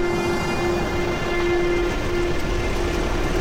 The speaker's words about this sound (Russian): Автомобили въезжают на военную базу.